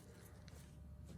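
A plastic wiper blade is released from the metal wiper arm of a Chevy Silverado, Tahoe or Yukon by squeezing the tabs together and pulling it off. A short click at 0.5 s marks the blade coming free over a steady low rumble.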